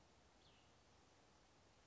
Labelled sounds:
Cassin's Vireo (Vireo cassinii)
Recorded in Sonoma County, California

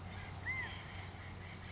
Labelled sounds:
California Quail (Callipepla californica)
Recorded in Sonoma County, California

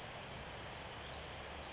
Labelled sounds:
Pacific Wren (Troglodytes pacificus)
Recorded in Sonoma County, California

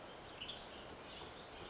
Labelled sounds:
Western Tanager (Piranga ludoviciana)
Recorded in Sonoma County, California

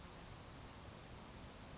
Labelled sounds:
California Towhee (Melozone crissalis)
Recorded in Sonoma County, California

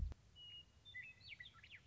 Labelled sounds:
Western Meadowlark (Sturnella neglecta)
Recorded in Sonoma County, California

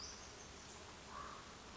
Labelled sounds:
Western Flycatcher (Empidonax difficilis)
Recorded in Sonoma County, California

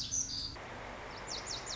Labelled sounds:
Lazuli Bunting (Passerina amoena)
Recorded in Sonoma County, California

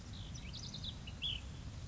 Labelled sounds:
Ash-throated Flycatcher (Myiarchus cinerascens)
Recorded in Sonoma County, California

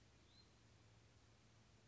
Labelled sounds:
Hutton's Vireo (Vireo huttoni)
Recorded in Sonoma County, California

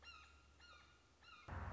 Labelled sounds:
Red-shouldered Hawk (Buteo lineatus)
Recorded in Sonoma County, California

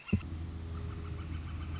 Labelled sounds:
Northern Flicker (Colaptes auratus)
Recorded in Sonoma County, California

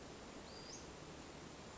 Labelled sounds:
Western Flycatcher (Empidonax difficilis)
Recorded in Sonoma County, California

